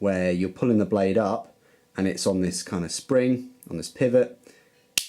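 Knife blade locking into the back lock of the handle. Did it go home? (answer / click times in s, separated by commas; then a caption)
yes / 5.0 s. A back-lock knife blade is pulled up on its pivot while someone talks, and at 5.0 s the blade locks open into the back lock of the handle with a single sharp click.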